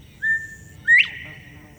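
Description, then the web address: Northern bobwhite giving its two-note whistle: a brief flat note, then a louder rising note that ends abruptly. "2016 07 northern bobwhite 1 song"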